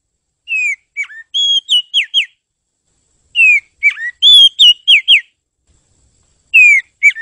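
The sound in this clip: Bird singing repeated phrases of clear whistled notes, some falling and some rapid and level, delivered in bursts with brief pauses between them.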